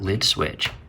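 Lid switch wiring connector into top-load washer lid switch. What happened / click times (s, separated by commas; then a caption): Handled, not yet home: no seating click is heard / none. Someone talks while the electrical connector tab of a top-load washer's lid switch wiring is being pushed back toward its plastic housing on the lid switch. Nothing has clicked or seated yet; the connector is still being handled.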